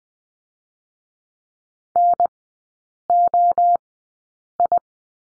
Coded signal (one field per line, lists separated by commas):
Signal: Morse code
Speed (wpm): 20 wpm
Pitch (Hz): 700 Hz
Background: none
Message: N O I